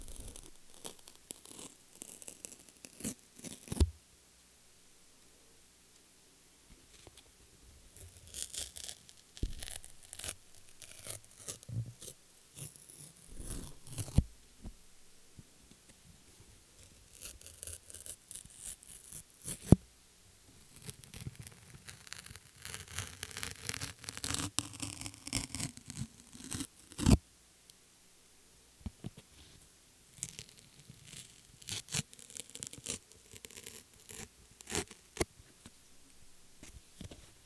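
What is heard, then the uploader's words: A business card is ripped up, with bursts of papery tearing and sharp crisp snaps recurring every few seconds. ASMR - Ripping up a Business Card.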